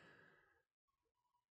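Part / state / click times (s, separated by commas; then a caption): watch movement bridge over gear wheels / not seated / none. A watch bridge is being fitted down over a second gear wheel in a small Ford Mustang novelty vintage watch movement, trying to get the wheel pivots to drop into place. A long sigh is heard, followed by a brief silence and faint, low sounds. The bridge has not snapped down into place, and nothing has seated or clicked yet.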